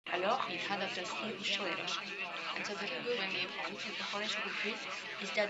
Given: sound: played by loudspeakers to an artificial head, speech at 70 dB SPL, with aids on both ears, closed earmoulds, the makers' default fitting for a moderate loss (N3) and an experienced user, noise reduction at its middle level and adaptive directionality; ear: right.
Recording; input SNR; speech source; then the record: speech test signal (ISTS) in cocktail-party noise; 0 dB; in front (0 degrees)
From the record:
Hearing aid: class 1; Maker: F